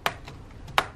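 A plastic key hinge clip on a Lenovo laptop keyboard is wedged in at the bottom under its metal clips. The top corners are then pushed in and snap into place one after the other. Two sharp clicks at 0.1 s and 0.8 s mark the corners seating, and the clip is seated.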